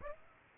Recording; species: mosquito wingbeat signal from an infrared sensor; Aedes aegypti